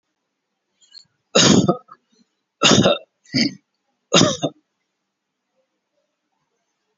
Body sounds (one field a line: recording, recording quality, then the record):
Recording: shallow voluntary cough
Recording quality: excellent, no background noise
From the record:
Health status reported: COVID-19 positive, mild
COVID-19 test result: positive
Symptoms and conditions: pneumonia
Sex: male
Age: 60 years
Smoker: not ticked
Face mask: worn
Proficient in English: yes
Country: India